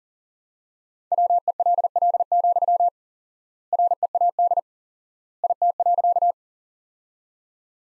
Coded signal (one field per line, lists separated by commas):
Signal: Morse code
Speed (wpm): 37 wpm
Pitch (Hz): 700 Hz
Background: none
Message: WELL, READ IT.